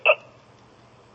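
A single sharp hiccup from an adult woman, heard over a phone line.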